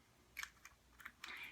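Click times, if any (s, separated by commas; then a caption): none. A reusable top is pressed down onto the metal part of a deodorant refill container, making several short, sharp plastic-like ticks around 0.4, 0.65, 1.0 and 1.2 seconds, followed by a brief scraping hiss. The top does not lock onto the refill, so nothing has clicked or seated yet.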